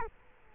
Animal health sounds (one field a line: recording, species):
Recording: mosquito wingbeat signal from an infrared sensor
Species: Culex quinquefasciatus